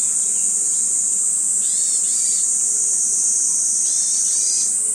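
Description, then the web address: Kaempfer's cicada: a loud, sustained high-pitched buzz that never pauses. Recording carries the date code 140716. "birdenaga niiniizemi"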